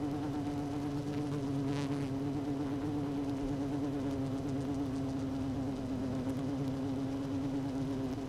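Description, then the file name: Honey bee colony droning steadily, with a short hiss early on. Hive 1 with its queen, recorded 12 June 2018 at 16:30. "Hive 1 12 06 2018 Queen Bee H 1 audio 16 30 00"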